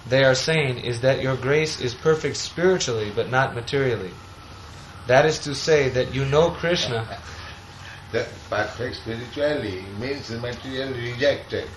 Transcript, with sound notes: they are saying is that Your Grace is perfect spiritually but not materially; that is to say that you know Kṛṣṇa..."
[laughs] That "perfect spiritually" means the materially rejected.